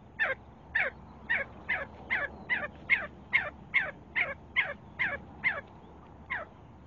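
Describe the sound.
See-see partridge uttering a rhythmic string of sharp, descending notes, around two per second, slowing slightly at the end.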